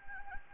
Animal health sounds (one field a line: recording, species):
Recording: mosquito wingbeat signal from an infrared sensor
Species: Anopheles gambiae